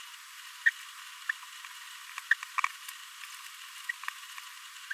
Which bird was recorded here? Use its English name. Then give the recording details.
Green-rumped Parrotlet. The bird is a male. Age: 26 days. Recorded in a nest box in Venezuela. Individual 17B42A3